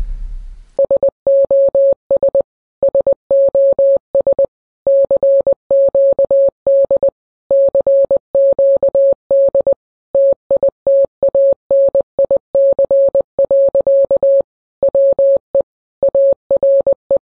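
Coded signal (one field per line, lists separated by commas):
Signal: Morse code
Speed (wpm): 20 wpm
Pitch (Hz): 550 Hz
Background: none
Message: SOS SOS CQD CQD TITANIC. WE ARE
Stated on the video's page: Morse code recreation of the last transmission of the RMS Titanic.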